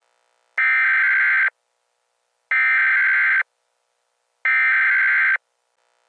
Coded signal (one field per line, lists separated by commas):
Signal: Emergency Alert System (SAME) tones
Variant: header bursts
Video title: TWO DAYS OF SEVERENESS (EAS 119-124)